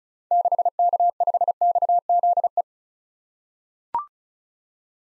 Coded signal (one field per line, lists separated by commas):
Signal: Morse code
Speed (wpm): 36 wpm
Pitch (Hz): 700 Hz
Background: none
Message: 6K5XZE